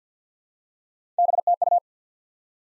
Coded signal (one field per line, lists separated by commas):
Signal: Morse code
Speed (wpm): 48 wpm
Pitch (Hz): 700 Hz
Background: none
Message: BTU